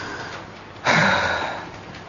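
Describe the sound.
A single forceful exhale, demonstrated as an example of exhaling during prayer, bursts out suddenly, a broad breathy rush of air that stays strong before tapering off slowly, with no talking around it.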